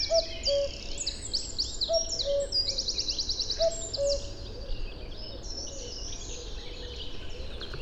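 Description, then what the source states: Common cuckoo giving three falling two-note cu-coo calls in the first four seconds, over busy high chirping and trilling from other birds. Recorded in mono outdoors in nature.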